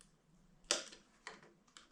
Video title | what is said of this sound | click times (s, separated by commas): EXTREMELY RARE Kawasaki F11"M" Engine Restoration. | Snaps into place | 0.7 s